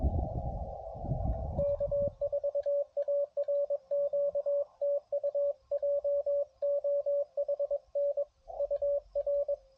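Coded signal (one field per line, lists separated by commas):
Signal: Morse code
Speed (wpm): 22 wpm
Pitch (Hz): 570 Hz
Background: radio noise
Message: K4ARQ TU JOHN UR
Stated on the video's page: CW POTA activation at 100 watts with an EFHW on a mast, during a geomagnetic storm with very poor band conditions.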